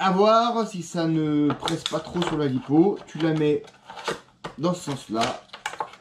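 A LiPo pack is placed the right way round in an RC car chassis while its battery retainer clip is handled, with someone talking throughout and a few brief handling knocks near the end. Nothing has seated or clicked yet; the clip ends just before the retainer goes home.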